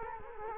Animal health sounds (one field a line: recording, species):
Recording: mosquito wingbeat signal from an infrared sensor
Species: Culex quinquefasciatus